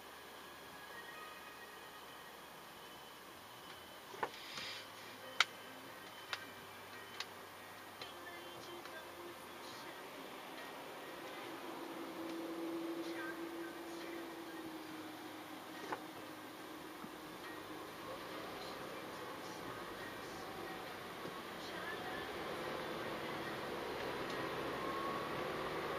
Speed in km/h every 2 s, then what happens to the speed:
4, 3, 2, 2, 2, 1, 1, 3, 3, 3, 7, 13, 15.
3-13 standing. 13-18 steady at about 3. 18-26 speeds up to 15.